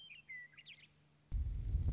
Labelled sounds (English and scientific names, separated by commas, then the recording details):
Western Meadowlark (Sturnella neglecta)
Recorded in Sonoma County, California